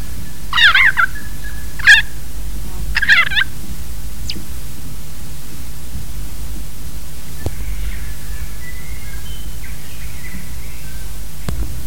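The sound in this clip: Kaka giving three harsh, grating, rapidly wavering calls in the first few seconds, then mostly quiet with only faint notes over a low steady rumble.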